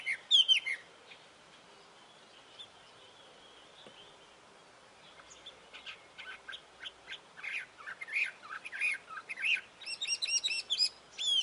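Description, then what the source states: Hwamei song: a bright whistled burst, a quiet pause, then varied sharp notes and rapid looping whistles building toward the end. Taiwan.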